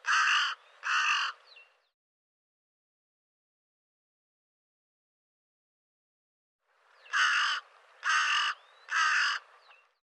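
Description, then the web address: Bird giving harsh, raspy caws: two quick calls, a silent gap of about five seconds, then three more evenly spaced calls, with no other sounds. "cianscape birddata Deverinetal 2025"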